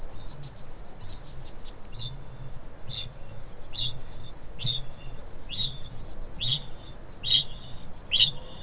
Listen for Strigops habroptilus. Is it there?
yes